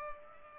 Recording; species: mosquito wingbeat signal from an infrared sensor; Culex pipiens